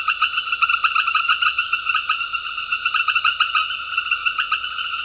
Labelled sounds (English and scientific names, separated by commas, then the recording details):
none
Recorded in secondary vegetation near Puerto Asís, Putumayo, Colombia, on 20 February 2024 at 21:00
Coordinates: 0.481, -76.323
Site G6376